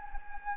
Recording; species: mosquito wingbeat signal from an infrared sensor; Anopheles gambiae